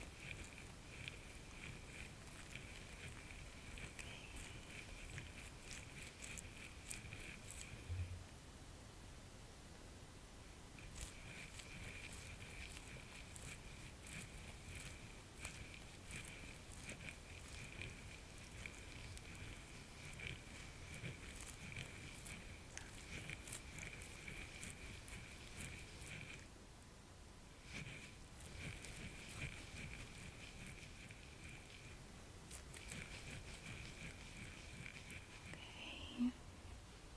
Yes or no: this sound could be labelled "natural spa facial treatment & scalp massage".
yes